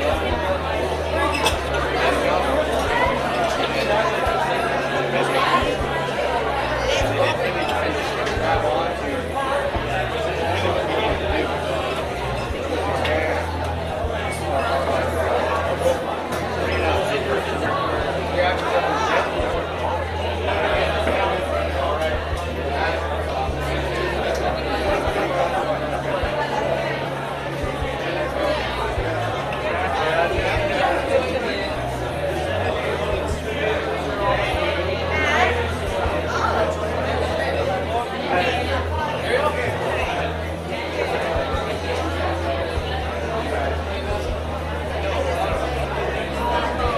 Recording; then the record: background sound without coughing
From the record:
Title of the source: CITY SOUNDS Busy Bar in the Evening Night - 2 HOURS of Ambiance for Relaxation